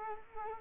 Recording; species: mosquito wingbeat signal from an infrared sensor; Culex quinquefasciatus